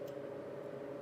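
A crimped metal contact pin of an MC4-style solar connector is being pushed into its plastic housing, with steady handling noise and a constant hum. No click is heard, and the pin has not yet seated in the housing.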